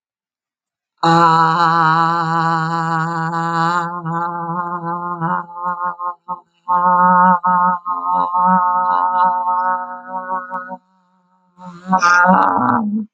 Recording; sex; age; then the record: vowel held as long as possible; female; 60 to 69 years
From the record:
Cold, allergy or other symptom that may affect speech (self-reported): no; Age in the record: 68 years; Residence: North Carolina, United States